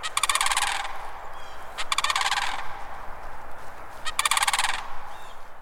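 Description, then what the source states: Sandhill crane bugling calls: loud rattling, rolling bursts repeated three times over several seconds, with a quieter background between them. Mississippi subspecies, non-migratory, living year-round in wet pine savanna near the Gulf Coast; calls described as almost prehistoric.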